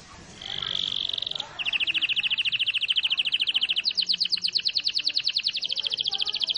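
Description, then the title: Canary song: a short smooth high trill followed by long rapid rolls of repeated notes that shift upward in pitch partway through. Domestic canary singing long rolls; used for training other birds. "Master Burung Jos"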